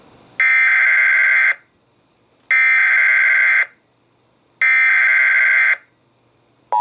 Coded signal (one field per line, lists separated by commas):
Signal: Emergency Alert System (SAME) tones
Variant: header bursts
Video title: GOTTA LOVE EMNET... EAS Alerts from 7/24/21 (EAS #5,936 - 5,942)